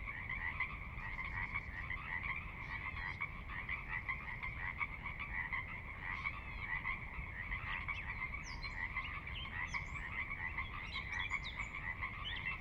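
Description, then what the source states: Pacific Chorus Frog chorus continuing densely throughout, scattered high chirps toward the end, over steady low water noise. Chorus recorded at midnight on the valley floor of Sinlahekin Valley, Sinlahekin Wildlife Area, Washington, near the Cascades; distant water spillage in background; unprocessed raw recording.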